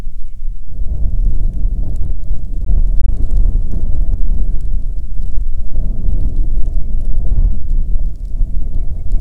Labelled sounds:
grouse or ptarmigan
wind
rain

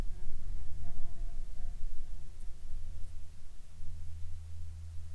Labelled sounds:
aircraft
insects

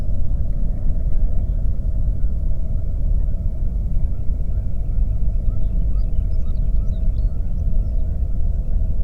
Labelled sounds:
songbird
waterfowl
flare stack

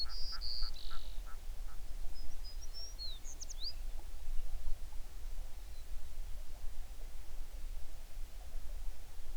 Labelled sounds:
songbird

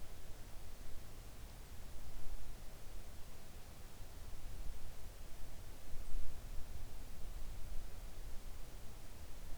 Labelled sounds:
near silence

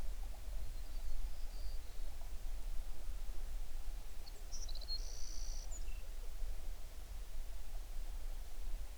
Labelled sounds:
songbird

